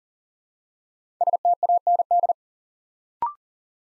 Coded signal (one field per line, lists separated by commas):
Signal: Morse code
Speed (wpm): 41 wpm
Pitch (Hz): 700 Hz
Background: none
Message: STAND